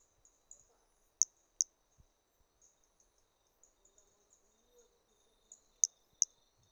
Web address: 2021 MHNCI Brachy hermogenesi Trilha do Ipiranga ind 3 three starting notes lost